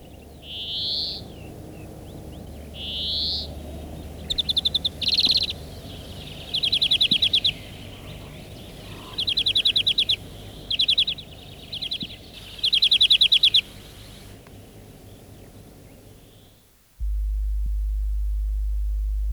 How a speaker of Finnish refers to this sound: Viherpeippo on niin kuin nimikin sanoo vihertävä ja siipien alareunoissa ja pyrstössä on keltaiset reunukset. Talven ja kevään taitteessa voit kuulla viherpeippomaista ryyintää ja kanarialintumaista lyllittelyä.